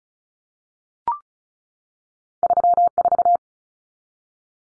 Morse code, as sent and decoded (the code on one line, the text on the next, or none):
...-- ....-
34